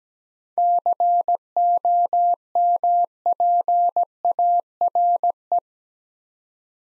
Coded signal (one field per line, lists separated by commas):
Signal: Morse code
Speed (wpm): 17 wpm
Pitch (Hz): 700 Hz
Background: none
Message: COMPARE